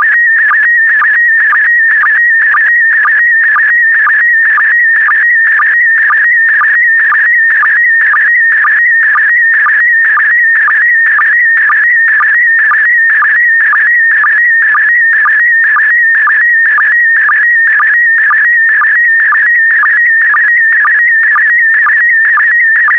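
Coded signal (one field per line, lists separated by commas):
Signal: SSTV (slow-scan television)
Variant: PD120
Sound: warbling, chirping tone around 2 kHz with a steady clicking rhythm twice per second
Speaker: Five, four, three, two, one. Transmission complete. You can now check your decoded image against the picture that is shown on the video.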